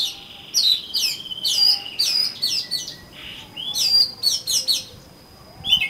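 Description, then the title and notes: Oriental magpie-robin giving a fast, varied warble of whistles and slurred notes. "suara kacer. kumpulan suara burung kacer"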